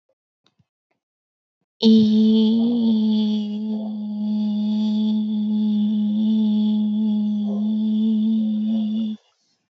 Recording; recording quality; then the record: sustained vowel as in beet; excellent, no background noise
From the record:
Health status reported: healthy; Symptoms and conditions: none ticked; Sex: female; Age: 23 years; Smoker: not ticked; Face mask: not worn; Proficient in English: yes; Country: India